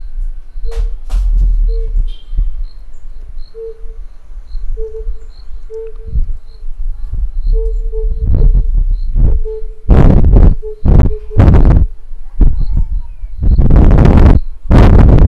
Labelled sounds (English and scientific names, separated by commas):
Tambourine Dove (Turtur tympanistria)